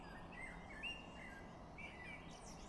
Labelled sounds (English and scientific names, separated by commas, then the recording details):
Common Blackbird (Turdus merula)
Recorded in Germany
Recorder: ecoPi